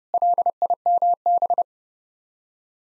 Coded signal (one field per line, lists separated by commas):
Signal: Morse code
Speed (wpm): 30 wpm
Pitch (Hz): 700 Hz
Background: none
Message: LIMB